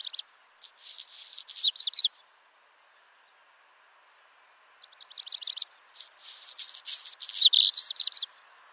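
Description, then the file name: Black redstart: two high, scratchy songs, each a stuttered burst then a crackling, jingling phrase, separated by about two and a half seconds of silence. "Rouge queue noir"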